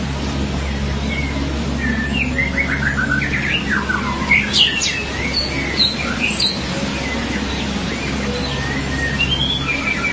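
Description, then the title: Magpie-robin or shama song, a varied run of whistled and chattering phrases with rising and falling notes, over a steady low hum. "Suara Burung Murai"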